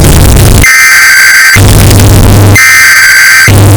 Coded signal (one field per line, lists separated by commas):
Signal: Emergency Alert System (SAME) tones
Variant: header bursts